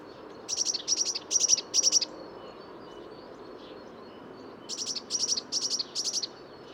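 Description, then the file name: Eurasian blue tit repeating high, buzzy call bursts: four in quick succession, a silent gap of about two and a half seconds, then four or five more. "Cyanistes caeruleus"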